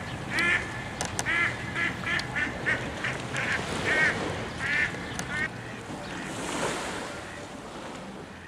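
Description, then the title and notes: Duck calls, a run of short nasal quacks in the first five seconds, then a fading rush of background noise. Several ducks calling on Menorca. "Ente ruft. Menorca Enten rufen"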